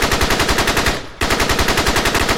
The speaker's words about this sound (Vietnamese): Đạn súng đại liên của các anh bộ đội Cụ Hồ vãi ra như mưa.